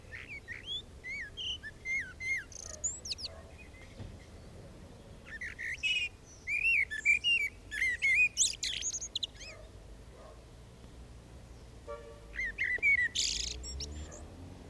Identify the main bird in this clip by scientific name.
Turdus merula